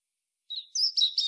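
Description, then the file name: European robin song fragment, a thin high whistle rising into a quick tumbling warble, cut short at the end. "Erithacus rubecula"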